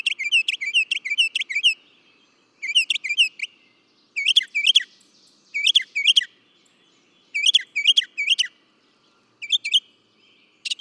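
Northern mockingbird song: short bursts of quick hooked chirps, each burst holding several repeats, separated by brief pauses.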